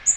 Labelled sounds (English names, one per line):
Magnolia Warbler flight call